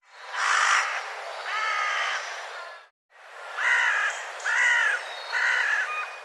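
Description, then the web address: Bird calls: rough, harsh, croaking caw-like notes, two and then three, separated by a short pause. "cianscape birddata"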